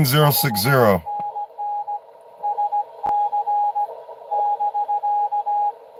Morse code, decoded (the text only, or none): 5NN SC <BK>